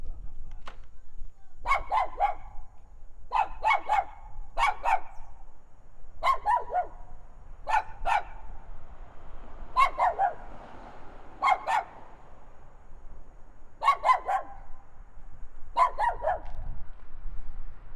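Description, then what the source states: Small dog barking in short doubled or tripled bursts at fairly regular intervals, with a low rumble underneath. Small dog barking in a backyard, with some echo and distant traffic.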